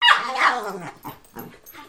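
Dog giving a loud yelping bark that falls in pitch, then a few quieter short sounds.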